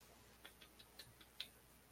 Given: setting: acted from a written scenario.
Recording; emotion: vocal sound without words; disappointment